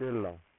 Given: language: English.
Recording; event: throat vibration sensor signal played as sound; speech